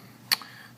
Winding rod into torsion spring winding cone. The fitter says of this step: it could slip out and then you're in trouble when it's unscrewed so you just want to make sure you hear it tap